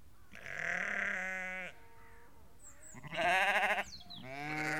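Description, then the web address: Sheep, a chorus of overlapping bleats: a long steady bleat, a loud wavering one, and another beginning, with faint high calls between. A flock of about 30 to 50 ewes and lambs calling. "BBC Sound Effects Library (Livestock) About 30-50 Ewes and Lambs Calling"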